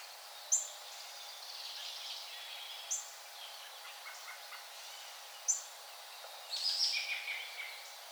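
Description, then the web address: Brown thrasher calls: three sharp, high smacking notes about two and a half seconds apart, then a busier burst of calling near the end. Recorded 4 January 2007. "Brown Thrasher 2007 01 04"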